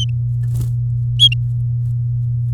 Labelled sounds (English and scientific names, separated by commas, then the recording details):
Domestic Canary (Serinus canaria) song
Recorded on 3 May 2018 at 17:02
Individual llb16